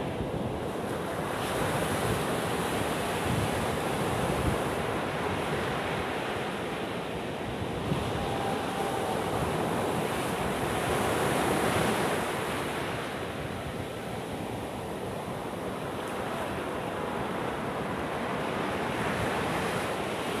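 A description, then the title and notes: Ocean surf rolls in a steady, dense wash of noise, swelling gently as waves break around 2, 7 and 11 seconds. The sound stays full and rushing throughout, with a low rumble beneath and a faint wind buffeting at times. Sound of the Ocean at evening. Danang, Vietnam.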